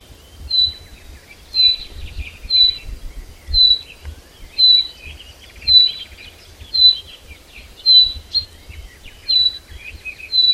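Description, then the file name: Common chaffinch calling with a crisp, high single note repeated at a steady pace of about one per second. "Fringilla coelebs"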